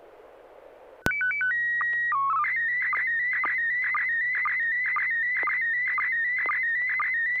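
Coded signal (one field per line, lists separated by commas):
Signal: SSTV (slow-scan television)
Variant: PD 120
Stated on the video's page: SSTV net on an FM repeater at 441.30 MHz, pictures sent with MMSSTV software.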